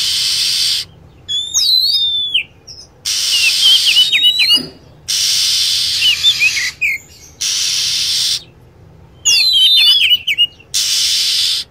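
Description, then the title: Lovebird calls: long hissing screech bursts, broken by clusters of sharp chirps and tumbling high whistled notes. Lure recording used to attract lovebirds. "PIKAT BURUNG LOVEBIRD"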